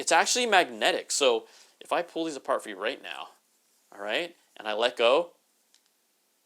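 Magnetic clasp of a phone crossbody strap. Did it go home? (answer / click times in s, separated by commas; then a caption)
yes / 5.7 s. Someone talks while the two halves of a magnetic clasp on a phone crossbody strap are pulled apart and released. At 5.7 s the halves snap back together with a short, faint click, and the clasp is seated.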